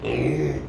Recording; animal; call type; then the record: contact call of a hoofed animal; pig; closed-mouth grunt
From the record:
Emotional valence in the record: negative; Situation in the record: short social isolation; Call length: 0.69 s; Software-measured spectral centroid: 1480 Hz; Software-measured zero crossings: 1010 a second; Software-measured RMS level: -24 dBFS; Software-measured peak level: -11 dBFS